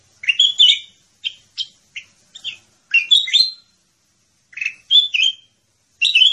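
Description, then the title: Sooty-headed bulbul chattering: quick, slightly burry chirped notes in loose groups, then a longer pause before a few final bubbly phrases. "Suara Burung Kutilang"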